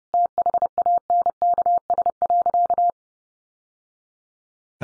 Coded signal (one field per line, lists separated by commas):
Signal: Morse code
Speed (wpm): 30 wpm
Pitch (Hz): 700 Hz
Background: none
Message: THANKS.